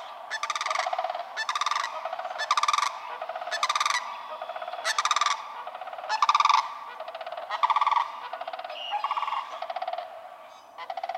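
Sandhill crane gives rattling, trumpeting rolled calls in a steady series of short bursts.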